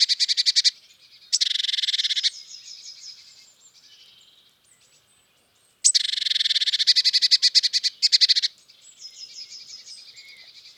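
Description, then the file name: Eurasian blue tit uttering rapid, buzzy churring bursts in two bouts, each trailing into fainter, thin notes. "Cyanistes caeruleus"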